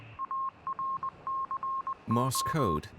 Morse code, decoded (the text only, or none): ARCO